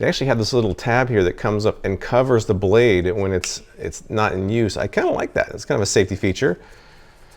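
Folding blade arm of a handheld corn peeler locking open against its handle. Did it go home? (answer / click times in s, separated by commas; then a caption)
no / none. A man talks while handling a folding handheld corn-stripping peeler, whose small safety tab comes up to cover the blade when the blade arm is folded against the handle. His speech runs almost the whole clip, then gives way to a faint, quiet tail near the end. Nothing has seated or clicked yet: the blade arm has not yet locked into its open position.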